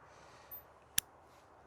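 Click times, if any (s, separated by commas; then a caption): 1.0 s. A Laplander folding saw is opened, and its blade swings out and locks into the handle lock. Against a quiet background, a single sharp snap is heard at 1.0 s as the blade locks firmly in the open position.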